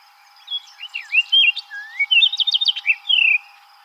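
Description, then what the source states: Orchard oriole singing a hurried, jumbled phrase of slurred whistles and buzzy chatter, closing with a downslurred note. Recorded 7 July 2007.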